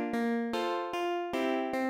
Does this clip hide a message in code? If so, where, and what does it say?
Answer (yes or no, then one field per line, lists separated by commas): no